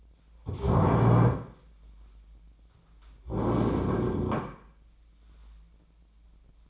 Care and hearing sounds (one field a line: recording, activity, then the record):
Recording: daily activity, microphone in the room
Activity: stand up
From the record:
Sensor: 1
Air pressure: 1009.3 hPa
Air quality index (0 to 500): 178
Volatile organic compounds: 3 ppm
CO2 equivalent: 1496 ppm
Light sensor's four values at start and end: 45/120/50/60 and 43/112/47/56